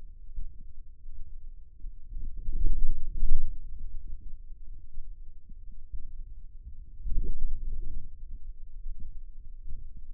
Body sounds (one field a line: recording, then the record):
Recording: forearm muscle sounds (acoustic myography)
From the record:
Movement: outward rotation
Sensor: system 2, bracelet of six BSWA MPA416 microphones around the upper forearm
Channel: 4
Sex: male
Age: 22 years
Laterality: right